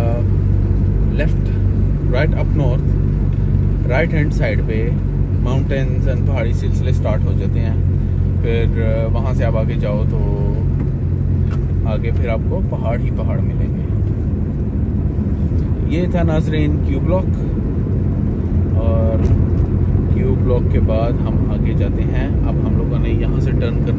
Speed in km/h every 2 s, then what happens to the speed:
21, 21, 21, 20, 20, 20, 22, 25, 27, 29, 30, 31.
0-10 steady at about 20. 10-24 speeds up to 31.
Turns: none.